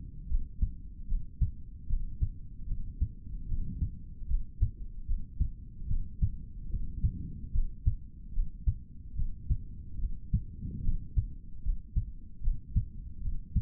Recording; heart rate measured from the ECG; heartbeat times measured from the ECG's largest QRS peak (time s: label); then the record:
heart sounds by stethoscope; 74 bpm
0.28 s: heartbeat
1.07 s: heartbeat
1.87 s: heartbeat
2.66 s: heartbeat
3.47 s: heartbeat
4.27 s: heartbeat
5.06 s: heartbeat
5.87 s: heartbeat
6.69 s: heartbeat
7.52 s: heartbeat
8.33 s: heartbeat
9.15 s: heartbeat
9.98 s: heartbeat
10.82 s: heartbeat
11.63 s: heartbeat
12.41 s: heartbeat
13.21 s: heartbeat
From the record:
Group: healthy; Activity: cold pressor test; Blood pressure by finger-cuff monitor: 96/54 mmHg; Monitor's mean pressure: 68 mmHg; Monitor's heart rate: 73 bpm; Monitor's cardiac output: 4.1 L/min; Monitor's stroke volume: 56 mL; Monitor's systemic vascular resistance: 1150 dyn s/cm5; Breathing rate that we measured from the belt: 17 breaths a minute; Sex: male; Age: 55 years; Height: 167 cm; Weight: 57.2 kg